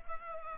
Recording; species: mosquito wingbeat signal from an infrared sensor; Culex pipiens